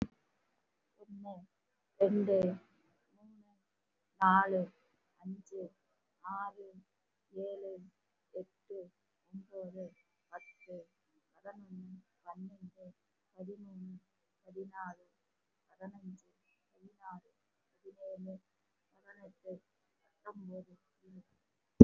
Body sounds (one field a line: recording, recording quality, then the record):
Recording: counting at a normal pace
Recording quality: excellent, no background noise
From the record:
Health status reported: respiratory illness, not identified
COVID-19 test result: negative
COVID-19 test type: RT-PCR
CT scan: not taken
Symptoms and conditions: cough, sore throat, fatigue, muscle pain, asthma, chronic lung disease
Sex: female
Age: 33 years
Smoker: no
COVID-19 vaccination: one dose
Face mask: worn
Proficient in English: no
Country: India